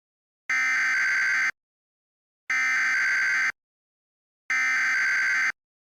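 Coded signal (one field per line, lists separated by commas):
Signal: Emergency Alert System (SAME) tones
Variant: header bursts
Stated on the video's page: Mock (simulated) Tsunami Warning alert with SAME tones, not a real broadcast.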